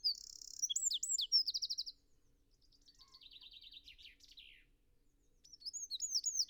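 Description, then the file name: Eurasian wren song ending in a fast trill, followed by a quieter, lower descending trill, then another loud burst of high twittering notes. "Troglodytes troglodytes"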